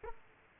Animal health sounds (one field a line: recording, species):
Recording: mosquito wingbeat signal from an infrared sensor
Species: Aedes aegypti